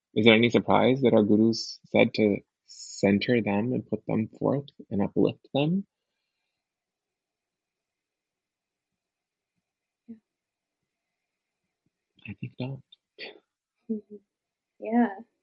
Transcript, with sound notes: Is there any surprise that our Gurus said to center them and put them forth and uplift them?. (long pause) I think not.
Yeah.